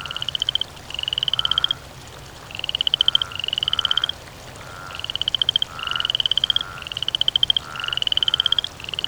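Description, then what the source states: Frog giving rapid pulsed croaks in bursts under a second, mostly coming in pairs. Croaking by water.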